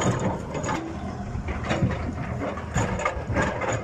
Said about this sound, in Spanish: Este es el sonido de una máquina gigante, de una empresa denunciada por corrupción, atacando el río, haciendo una ruta ilegal.